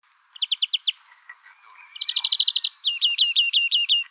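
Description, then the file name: European greenfinch song: a short run of chirps, then a rapid rattling trill and a series of sharp falling notes. "Chloris chloris"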